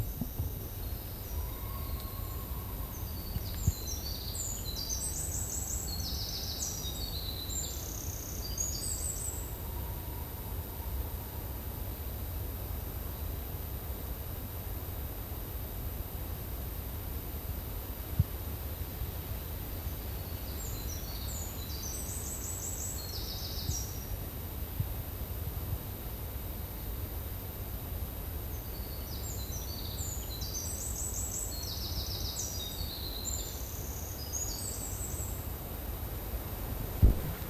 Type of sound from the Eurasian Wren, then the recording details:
song. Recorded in the wild. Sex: male. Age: adult. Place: Forst Frohnau, Berlin, DE. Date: 2005-07-10 12:45. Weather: sunny, 22 - 26°C. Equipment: Sony WM-D6C, Sony ECM-MS 907, Kopie Uher 4000 Report Monitor. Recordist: Tembrock, Günter. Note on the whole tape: Gesang. Technisch bedingtes Brummen und Windgeräusche in der Aufnahme